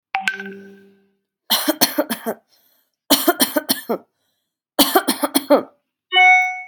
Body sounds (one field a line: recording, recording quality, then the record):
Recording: shallow voluntary cough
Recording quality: excellent, no background noise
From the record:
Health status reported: respiratory illness, not identified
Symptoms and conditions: sore throat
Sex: female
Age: 39 years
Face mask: not worn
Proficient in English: yes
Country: India